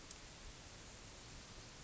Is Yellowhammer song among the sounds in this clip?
no